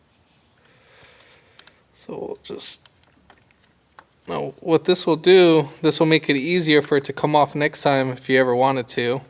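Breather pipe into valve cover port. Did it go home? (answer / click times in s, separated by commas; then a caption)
no / none. Dielectric grease is applied to the plastic end of a breather pipe for a Eurovan valve cover port, so the pipe will come off more easily next time. Faint rustling and a few small handling ticks between about 0.6 and 4.0 s are followed by someone talking for the rest of the clip. The pipe has not yet been spun in or clipped home, and nothing has seated or clicked yet.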